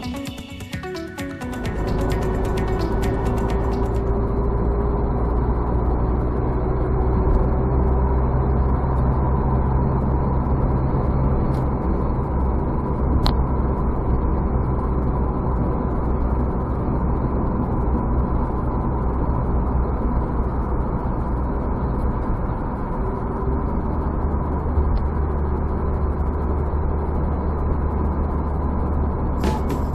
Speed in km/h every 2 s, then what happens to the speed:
66, 70, 75, 81, 84, 86, 87, 84, 85, 82, 81, 79, 78, 78, 78.
0-12 speeds up to 87. 12-30 slows to 78.